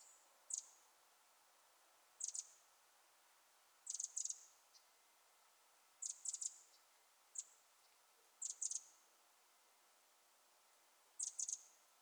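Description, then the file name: Eurasian wren giving irregular high, clicking ticks, single or doubled, scattered at uneven intervals over about twelve seconds with quiet hiss. "Troglodytes troglodytes"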